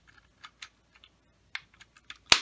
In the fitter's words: snaps right into place there again I haven't mounted any of the optics